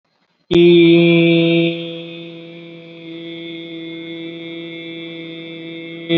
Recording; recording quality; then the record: sustained vowel as in beet; excellent, no background noise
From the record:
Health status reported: recovered from COVID-19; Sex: male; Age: 23 years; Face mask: not worn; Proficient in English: yes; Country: India